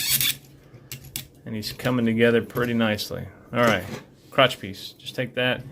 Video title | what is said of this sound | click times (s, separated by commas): MakeToys MTCD-03 Thunder Manus Divine Armor | take that slide it in till it snaps closed it down and | 0.9 s, 1.2 s